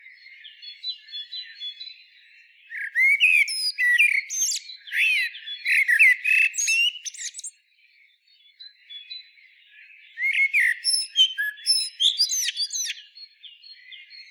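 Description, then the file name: Common blackbird giving long bursts of low warbling, whistled notes broken by high chattering squeaks, with a short silence in the middle and soft high background calls. "Turdus merula"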